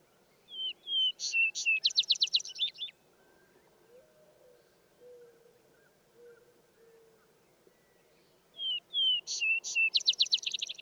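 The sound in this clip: Vesper Sparrow repeating its song twice, about eight seconds apart: paired whistles leading into fast buzzy trills, with soft low hooting notes between songs.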